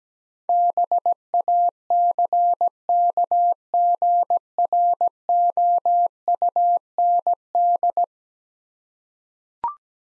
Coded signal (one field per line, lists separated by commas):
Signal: Morse code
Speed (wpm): 17 wpm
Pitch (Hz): 700 Hz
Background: none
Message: BACKGROUND